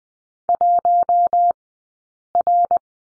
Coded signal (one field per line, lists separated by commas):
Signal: Morse code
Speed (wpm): 20 wpm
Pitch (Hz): 700 Hz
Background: none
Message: 1R